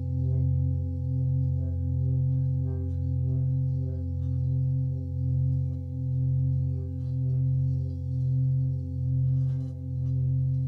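A Himalayan singing bowl rings with a deep, steady hum and several clear tones stacked above it. The sound pulses gently in a slow, regular wobble throughout, with faint scattered ticks and rustles high above the drone.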